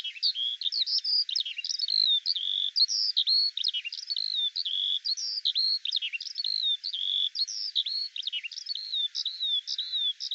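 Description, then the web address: Eurasian skylark song, a dense, nonstop warble of high slurred chirps and brief whistles tumbling on without pause. "Deverinetal 2025 File cleaned normalized Bird Al Ar"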